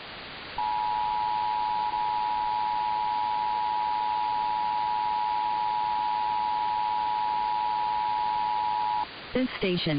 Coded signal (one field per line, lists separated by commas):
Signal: Emergency Alert System (SAME) tones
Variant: 853 and 960 Hz attention tone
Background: speech